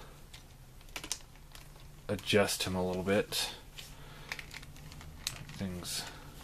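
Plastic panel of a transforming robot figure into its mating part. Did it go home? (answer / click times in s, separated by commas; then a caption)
no / none. A plastic panel of a knock-off Masterpiece Red Alert transforming robot figure is handled and adjusted against its mating part during transformation, producing light plastic ticks and taps while someone talks. Nothing has seated or clicked into place yet.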